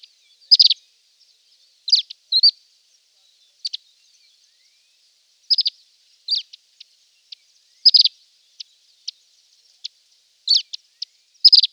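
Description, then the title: Reunion olive white-eye song: scattered bursts of high, thin chirps and sharp ticks, some doubled, arriving irregularly with short silent gaps between them. "Plecir3un. Kicau reunion olive white eye"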